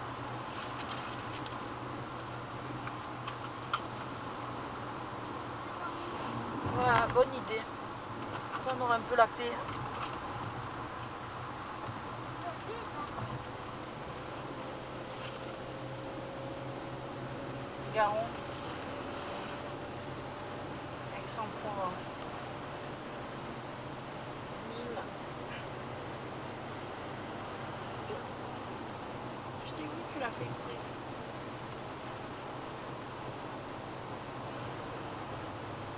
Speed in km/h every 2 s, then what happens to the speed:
89, 91, 88, 85, 82, 84, 86, 88, 94, 99, 102, 103, 104, 105, 106, 108, 109, 112.
0-9 slows to 82. 9-36 speeds up to 112.